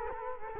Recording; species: mosquito wingbeat signal from an infrared sensor; Culex quinquefasciatus